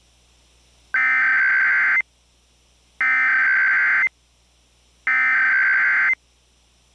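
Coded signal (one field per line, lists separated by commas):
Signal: Emergency Alert System (SAME) tones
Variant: header bursts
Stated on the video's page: Simulated (mock) fire alert for Missouri, testing a Monroe Electronics gray screen.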